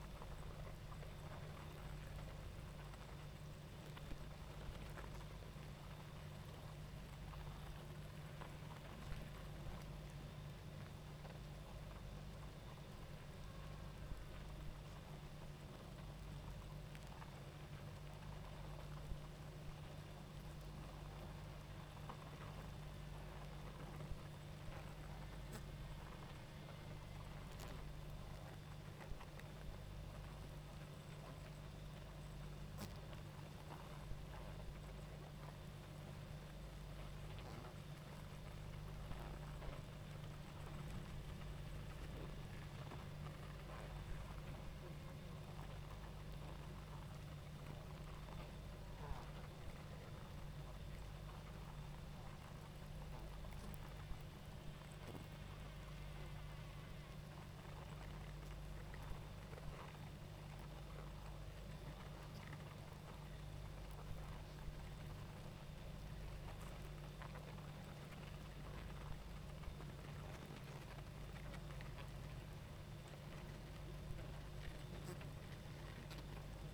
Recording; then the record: honeybee colony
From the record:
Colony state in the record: active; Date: 28 July 2017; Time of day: 19:37